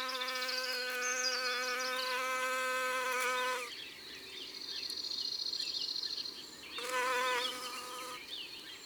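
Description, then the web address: Bee giving a steady droning buzz that stops after a few seconds and briefly returns. "Labeille. album mon-imagier-sonore-de-la-nature"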